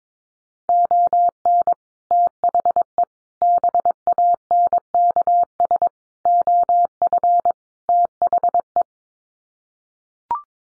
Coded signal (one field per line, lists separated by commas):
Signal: Morse code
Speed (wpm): 22 wpm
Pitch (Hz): 700 Hz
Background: none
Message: ON THE BANKS OF THE